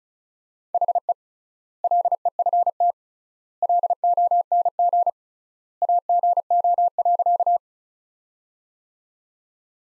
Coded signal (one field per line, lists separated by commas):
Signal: Morse code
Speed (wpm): 36 wpm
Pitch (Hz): 700 Hz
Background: none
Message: HE LEFT LONG AGO.